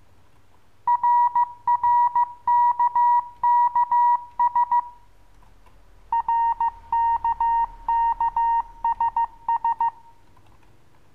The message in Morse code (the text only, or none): RRKKS RKKSS